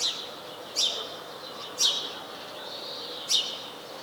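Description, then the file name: House sparrow giving short, bright chirps, four calls spaced unevenly about a second apart, with faint background hiss. "Passer domesticus"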